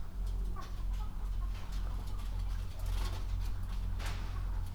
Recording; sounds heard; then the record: poultry house recording; healthy chickens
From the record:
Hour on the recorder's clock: 22